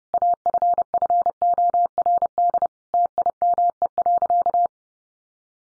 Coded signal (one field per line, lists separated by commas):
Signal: Morse code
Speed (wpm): 30 wpm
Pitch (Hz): 700 Hz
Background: none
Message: AFFORD TIME.